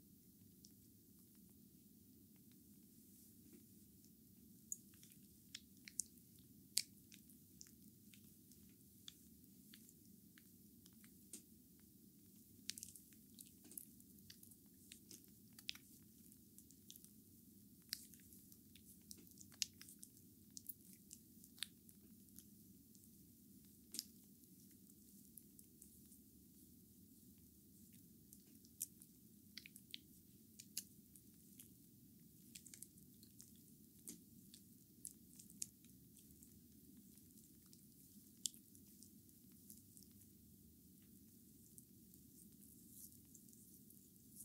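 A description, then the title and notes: Bamboo brooms brush over a body in a steady massage, with a continuous muffled low rustling underneath. Dry crisp ticks and crackles from the bamboo twigs scatter irregularly on top throughout, occasionally sharper snaps. ASMR massage with Bamboo brooms by Adel. Rare type of massage using bamboo brooms.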